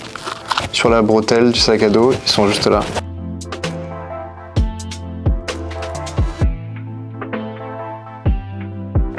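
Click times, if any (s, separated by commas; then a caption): none. The plastic clips of a "The One" fanny pack are handled on a backpack's shoulder strap while someone talks over loud background music, with a few short sharp knocks. Nothing has seated or clicked home yet.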